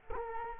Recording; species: mosquito wingbeat signal from an infrared sensor; Culex quinquefasciatus